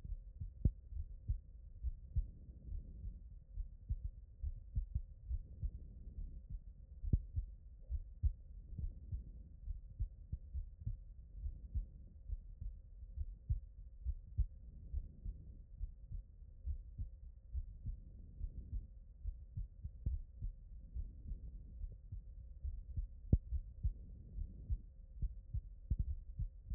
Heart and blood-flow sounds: heart sounds by stethoscope; aortic valve (AV)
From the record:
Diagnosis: non-HFrEF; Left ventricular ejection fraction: 63%

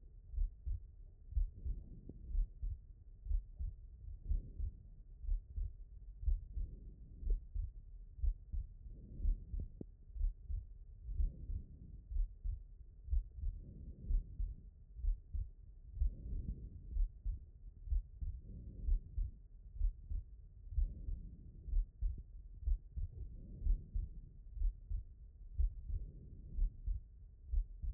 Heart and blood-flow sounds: heart sounds by stethoscope; aortic valve (AV)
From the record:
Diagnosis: non-HFrEF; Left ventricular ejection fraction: 63%

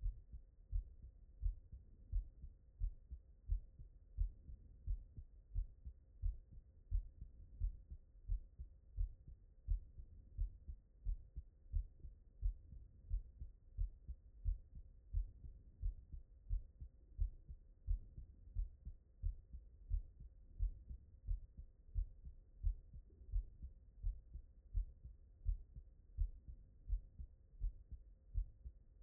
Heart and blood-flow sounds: heart sounds by stethoscope; tricuspid valve (TV)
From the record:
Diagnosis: non-HFrEF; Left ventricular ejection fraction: 69%

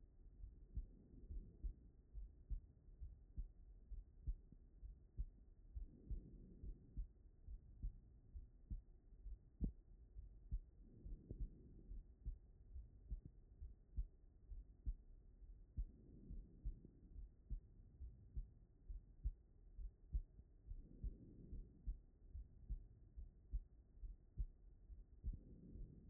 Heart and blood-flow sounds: heart sounds by stethoscope; pulmonary valve (PV)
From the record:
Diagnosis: non-HFrEF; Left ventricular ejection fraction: 66%

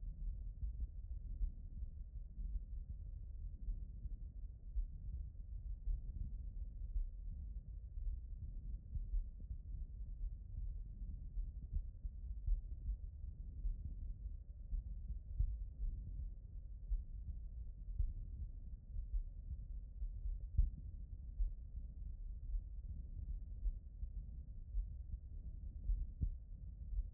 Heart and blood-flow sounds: heart sounds by stethoscope; aortic valve (AV)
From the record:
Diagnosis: non-HFrEF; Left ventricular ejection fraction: 75%

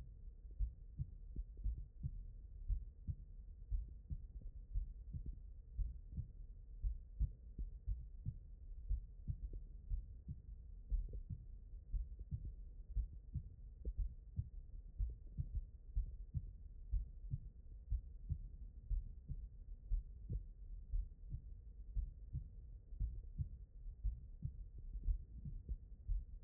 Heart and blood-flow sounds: heart sounds by stethoscope; aortic valve (AV)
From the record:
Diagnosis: non-HFrEF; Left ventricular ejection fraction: 63%

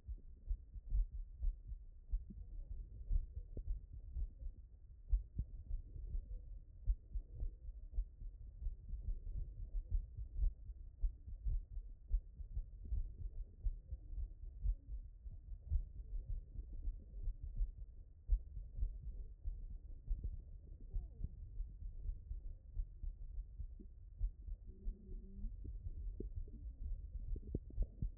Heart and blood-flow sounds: heart sounds by stethoscope; mitral valve (MV)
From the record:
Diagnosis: HFrEF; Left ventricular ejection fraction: 23%

